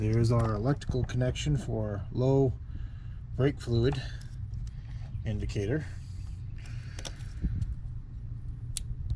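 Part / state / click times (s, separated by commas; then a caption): low brake fluid sensor connector onto brake fluid reservoir sensor / seated / 8.8 s. Someone talks while the low brake fluid indicator electrical connector on a 2009 Hemi 1500 TRX4 is plugged onto the brake fluid reservoir sensor, with faint handling clicks around 7.0 s. A sharp click at 8.8 s marks the connector seating, and the locking tab is then pushed back in.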